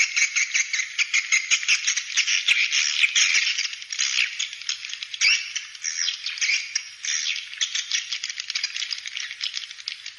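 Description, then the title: Swiftlet calls: dense, rapid rattling chirps at high pitch, pouring on continuously with uneven bursts. "Suara Burung Wallet"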